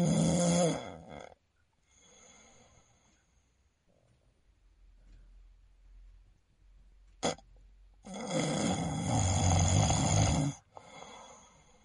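A sleeping adult man snores loudly, with the snoring broken by long silent pauses. These silences are apneas, where he stops breathing. Snoring with obstructive sleep apnea.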